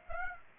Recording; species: mosquito wingbeat signal from an infrared sensor; Aedes aegypti